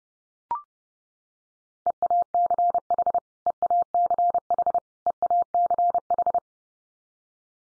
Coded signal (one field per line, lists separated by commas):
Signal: Morse code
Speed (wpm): 30 wpm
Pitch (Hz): 700 Hz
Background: none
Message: EACH EACH EACH